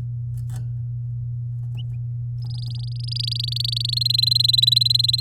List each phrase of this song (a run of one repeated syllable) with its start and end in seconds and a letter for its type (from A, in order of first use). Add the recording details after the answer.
2.42-3.99 A, 4.01-5.20 B. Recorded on 9 May 2018 at 10:56. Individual llb16